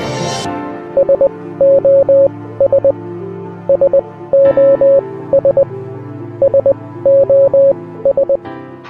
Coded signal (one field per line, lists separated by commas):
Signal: Morse code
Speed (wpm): 20 wpm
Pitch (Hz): 550 Hz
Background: music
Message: SOS SOS SOS